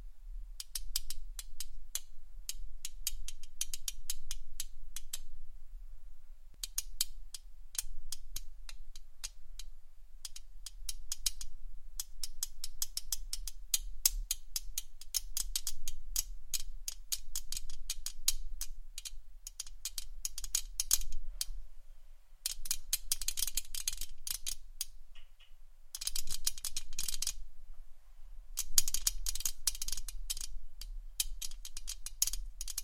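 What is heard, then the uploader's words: Rapid fingertip tapping on a face and camera, a dense run of sharp, bright clicks that comes in bursts with brief pauses near 6, 22 and 28 seconds. The tapping speed shifts from flurry to flurry, over a steady low hum underneath. ASMR FACE TAPPING Camera Tapping （No Talking）.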